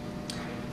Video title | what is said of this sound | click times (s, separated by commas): Scott's FAST Training Film.mpg | and it sort of uh snaps into place there you'll hear an audable little stamp | 0.3 s